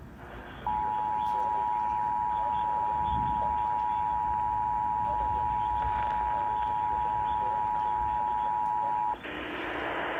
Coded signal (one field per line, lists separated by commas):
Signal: Emergency Alert System (SAME) tones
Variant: 853 and 960 Hz attention tone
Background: speech